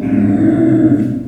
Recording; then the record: squeal of a Yucatan mini pig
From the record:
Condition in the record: after surgery on the right vocal fold (resection and tissue-engineered implant); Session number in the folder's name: 3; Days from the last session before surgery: 21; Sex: female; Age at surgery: 19 weeks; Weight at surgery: 25 kg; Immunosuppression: prednisolone